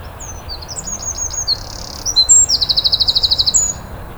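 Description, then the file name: Eurasian wren singing a loud, high-pitched phrase of varied whistles followed by a rapid, even rattling trill of about a dozen notes, ending in a thin whistle. "Troglodytes troglodytes"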